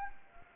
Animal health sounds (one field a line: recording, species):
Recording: mosquito wingbeat signal from an infrared sensor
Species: Anopheles gambiae